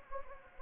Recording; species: mosquito wingbeat signal from an infrared sensor; Anopheles gambiae